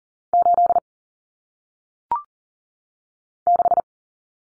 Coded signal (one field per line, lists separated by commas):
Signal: Morse code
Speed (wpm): 42 wpm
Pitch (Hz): 700 Hz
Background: none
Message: 8 6